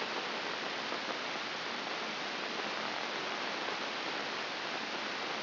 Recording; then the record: brain microelectrode recording played as sound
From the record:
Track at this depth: inside the subthalamic nucleus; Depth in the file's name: 2.831 mm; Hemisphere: left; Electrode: 2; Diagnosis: Parkinson's disease